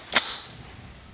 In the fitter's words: I really really love that it locked into place